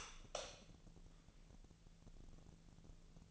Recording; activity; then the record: daily activity, microphone in the room; light on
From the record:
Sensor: 4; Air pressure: 1000.9 hPa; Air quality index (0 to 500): 123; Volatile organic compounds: 1 ppm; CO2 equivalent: 922 ppm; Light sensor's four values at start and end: 31/75/31/33 and 33/85/35/38